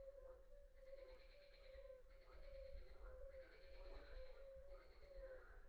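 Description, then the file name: Marsh frog calling: four bursts about a second long, with a steady tone running underneath throughout. "Grenouille rieuse"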